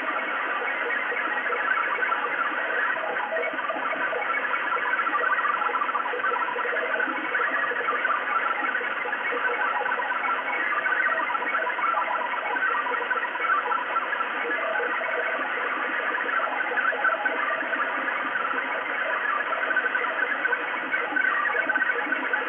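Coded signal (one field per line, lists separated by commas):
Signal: HF data modem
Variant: XPB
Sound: continuous warbling, chattering multi-tone data hiss filling the voice band, no speech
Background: radio static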